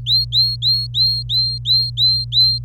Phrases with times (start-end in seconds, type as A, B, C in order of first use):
0.06-2.58 A